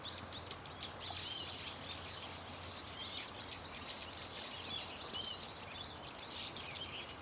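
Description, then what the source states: Birds calling in a busy chorus, quick high chirps repeated several times a second, with steady low background noise. Loud, unceasing chorus of many birds singing from a tetrapod breakwater belt and its trees.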